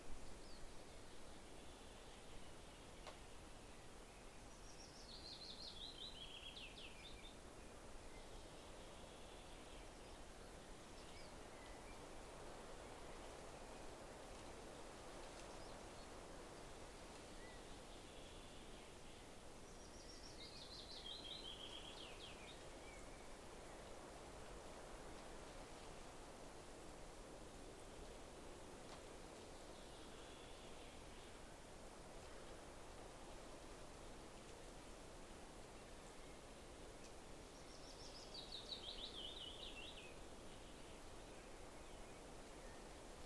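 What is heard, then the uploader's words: A morning outdoors in the countryside, with a steady, soft hiss of wind or water running throughout. A bird gives a bright, falling call about every fifteen to twenty seconds, near 5, 20 and 38 seconds, with fainter chirps scattered in between. Morning at Saaremaa, Kõruse. Between 4:00 and 4:30 location: Kõruse village, Saaremaa Recorder: Zoom h6 XY setup.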